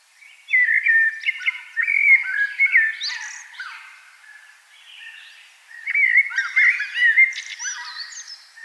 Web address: SETE data Turdus merula